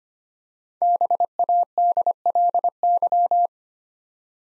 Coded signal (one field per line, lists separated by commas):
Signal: Morse code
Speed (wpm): 25 wpm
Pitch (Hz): 700 Hz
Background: none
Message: BADLY